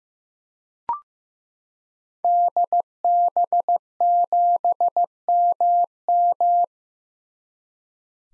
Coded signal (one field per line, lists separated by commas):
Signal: Morse code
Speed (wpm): 15 wpm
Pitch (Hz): 700 Hz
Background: none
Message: DB7MM